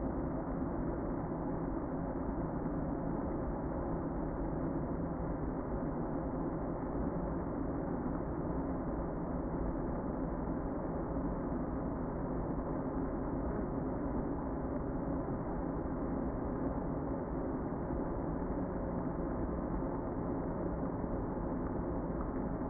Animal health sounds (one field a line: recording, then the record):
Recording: honeybee colony, microphone inside the hive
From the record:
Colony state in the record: queen present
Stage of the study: before two queens were removed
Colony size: about 60,000 bees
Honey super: yes